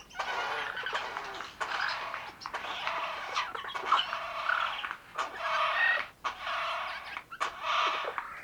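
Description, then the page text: Eurasian jay giving a series of grating, hoarse screeches in close succession, with short gaps between them. "Garrulus glandarius - Сойка"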